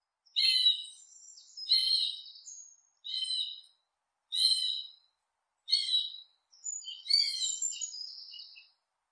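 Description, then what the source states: Hawk screams: six harsh whistled calls rich in harmonics, about one every 1.3 seconds, several trailing off into longer wavering notes. Hawk calling while hunting prey.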